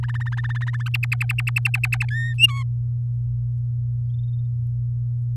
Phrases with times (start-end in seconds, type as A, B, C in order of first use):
0.03-0.89 A, 0.94-2.05 B, 2.10-2.34 C, 2.38-2.63 D